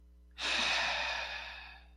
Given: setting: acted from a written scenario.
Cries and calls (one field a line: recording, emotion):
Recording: vocal sound without words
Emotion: ecstasy